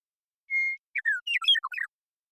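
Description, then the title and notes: Western meadowlark singing, beginning with one long steady whistle, followed by a rapid jumble of bubbling, flute-like notes. Song, isolated and processed from the original with natural pace and rhythm kept; recorded in the Pacific Northwest, Washington, United States. "Western Meadowlark, Sturnella neglecta, song, contact calls, and flush, isolated and processed from original, natural pace and rhythm maintained, family: Troupials and Allies Recorded in the beautiful Pacific Northwest in Washington, United States"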